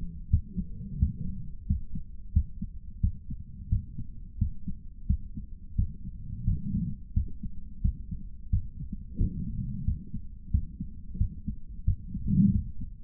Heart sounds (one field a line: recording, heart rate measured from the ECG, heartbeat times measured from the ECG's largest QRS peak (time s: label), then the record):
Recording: heart sounds by stethoscope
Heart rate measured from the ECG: 88 bpm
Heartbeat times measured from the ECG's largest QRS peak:
0.29 s: heartbeat
0.98 s: heartbeat
1.66 s: heartbeat
2.32 s: heartbeat
3.00 s: heartbeat
3.68 s: heartbeat
4.37 s: heartbeat
5.06 s: heartbeat
5.75 s: heartbeat
6.43 s: heartbeat
7.13 s: heartbeat
7.81 s: heartbeat
8.49 s: heartbeat
9.17 s: heartbeat
9.84 s: heartbeat
10.50 s: heartbeat
11.17 s: heartbeat
11.84 s: heartbeat
12.51 s: heartbeat
From the record:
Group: healthy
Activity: cold pressor test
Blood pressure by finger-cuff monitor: 137/83 mmHg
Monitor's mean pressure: 97 mmHg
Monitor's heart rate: 89 bpm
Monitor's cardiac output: 7.9 L/min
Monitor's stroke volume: 91 mL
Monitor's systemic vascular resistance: 910 dyn s/cm5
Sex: male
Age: 57 years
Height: 188 cm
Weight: 106 kg